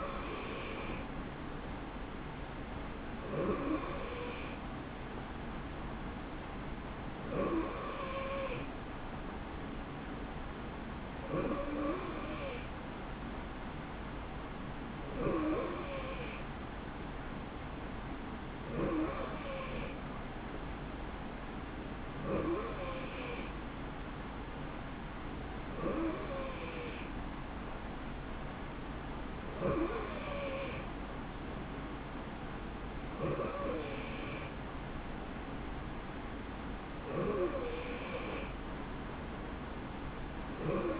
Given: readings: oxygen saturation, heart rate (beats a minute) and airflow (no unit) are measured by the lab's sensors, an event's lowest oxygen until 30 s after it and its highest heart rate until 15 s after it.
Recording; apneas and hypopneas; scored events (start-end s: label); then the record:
breathing in sleep by a voice recorder at the bedside; none
none scored
From the record:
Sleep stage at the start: N3 (deep sleep); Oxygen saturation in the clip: 90 to 91%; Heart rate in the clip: 62 to 71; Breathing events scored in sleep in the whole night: 160 in 9.3 hours asleep